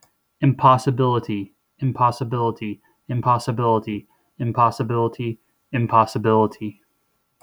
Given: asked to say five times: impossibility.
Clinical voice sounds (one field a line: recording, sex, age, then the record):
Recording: repeated word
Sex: male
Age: 30 to 39 years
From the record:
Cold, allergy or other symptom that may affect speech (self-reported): no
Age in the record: 34 years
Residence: Ohio, United States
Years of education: 16